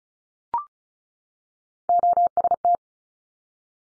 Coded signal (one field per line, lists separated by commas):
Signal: Morse code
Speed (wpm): 36 wpm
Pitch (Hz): 700 Hz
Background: none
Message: OST